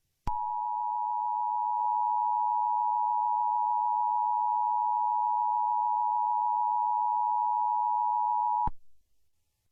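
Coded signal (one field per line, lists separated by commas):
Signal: Emergency Alert System (SAME) tones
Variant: 853 and 960 Hz attention tone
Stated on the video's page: Fictional analog-horror EAS scenario, a recreation made with Audacity.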